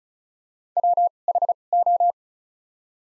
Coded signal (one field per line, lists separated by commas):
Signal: Morse code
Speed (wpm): 36 wpm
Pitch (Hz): 700 Hz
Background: none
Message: W H O